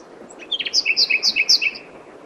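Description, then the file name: Common nightingale song phrase: a few quick notes, then a short series of paired notes in a steady quick rhythm, each a high note followed by a lower one. "Luscinia megarhynchos"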